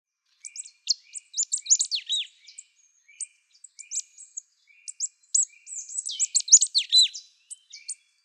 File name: Paprastoji Pilkoji Zylė- Marsh Tit - Poecile palustris